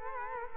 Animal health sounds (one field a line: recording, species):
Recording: mosquito wingbeat signal from an infrared sensor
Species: Culex quinquefasciatus